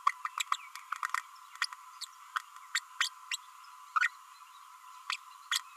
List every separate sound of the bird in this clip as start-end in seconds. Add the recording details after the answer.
0.06-0.09, 0.25-0.28, 0.39-0.43, 0.52-0.56, 1.61-1.66, 2.01-2.05, 2.75-2.79, 3.00-3.09, 3.31-3.36, 4.00-4.08, 5.12-5.16, 5.51-5.59. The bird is a female. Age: 32 days. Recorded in a nest box in Venezuela. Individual 17B32A7